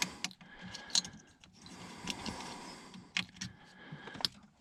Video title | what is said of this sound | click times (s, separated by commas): 2012 hemi 1500 Sleeper Apple Part 17. @bankspower Install Part 2. Pedal Monster And status update. | there we go I don't know if you heard that click I'll do that again for you there we go | 4.2 s